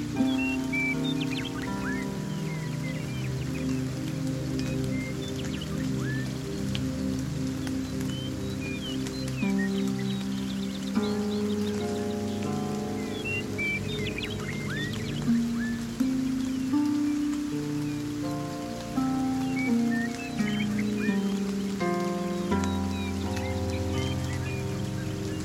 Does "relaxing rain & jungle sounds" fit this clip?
yes